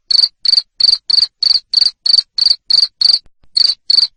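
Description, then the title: Cricket chirps loudly in quick pulsed bursts, ten in a row, then a short gap and two more. Loud cricket chirping used to make lovebirds keep singing (ngekek). "Suara JANGKRIK NGERIK Keras Bikin LOVEBIRD Jadi NGEKEK Terus Vubey"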